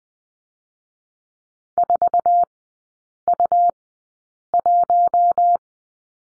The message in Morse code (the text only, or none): 4U1